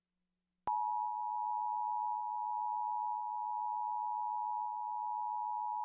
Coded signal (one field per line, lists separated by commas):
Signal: Emergency Alert System (SAME) tones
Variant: 853 and 960 Hz attention tone